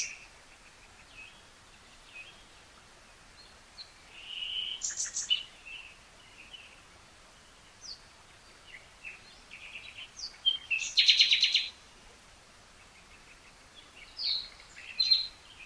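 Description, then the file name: Common nightingale song: scattered short whistled and chattering bursts, with a dense, buzzy phrase around eleven seconds, separated by quiet gaps under faint background hiss. "Luscinia megarhynchos"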